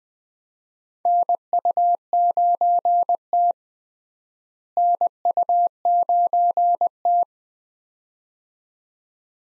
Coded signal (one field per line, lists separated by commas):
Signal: Morse code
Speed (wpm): 20 wpm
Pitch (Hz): 700 Hz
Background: none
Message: NU9T NU9T